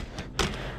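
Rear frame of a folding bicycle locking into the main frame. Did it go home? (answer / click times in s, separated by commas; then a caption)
yes / 0.4 s. The folded rear frame of a Brompton folding bicycle is popped out and swung into riding position against the main frame, with a soft knock at 0.2 s. It latches with a firm, sharp click at 0.4 s, automatically locking into place.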